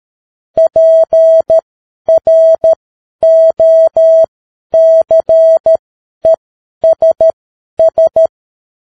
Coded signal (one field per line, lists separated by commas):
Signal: Morse code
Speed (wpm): 13 wpm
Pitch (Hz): 650 Hz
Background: none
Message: PROCESS